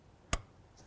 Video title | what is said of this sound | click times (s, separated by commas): How to Replace Fuel Pump 07-12 Nissan Altima | your lines we're gonna listen for a click noise here we go I heard | 0.3 s